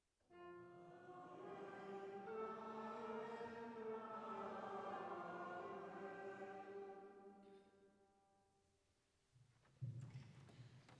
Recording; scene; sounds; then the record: everyday scene through a hearing-aid microphone; reverberant space; music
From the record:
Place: church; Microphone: behind the ear, right, front